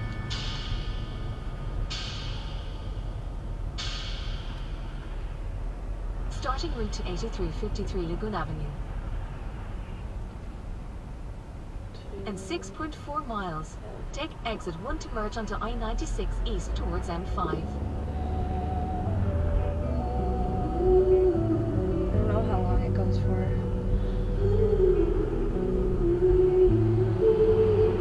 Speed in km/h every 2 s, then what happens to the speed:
16, 13, 13, 15, 11, 8, 8, 10, 19, 27, 32, 31, 24, 21.
0-12 slows to 8. 12-20 speeds up to 32. 20-25 slows to 21.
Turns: none.